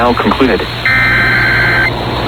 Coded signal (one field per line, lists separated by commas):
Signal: Emergency Alert System (SAME) tones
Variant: header bursts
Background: speech